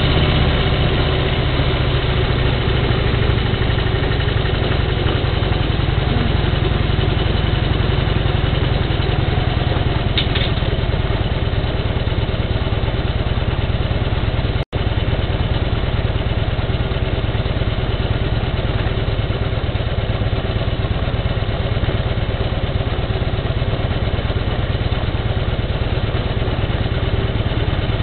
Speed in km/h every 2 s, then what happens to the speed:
25, 23, 21, 20, 17, 13, 12, 13, 13, 14, 13, 13, 12, 12.
0-10 slows to 13. 10-28 steady at about 13.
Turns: none.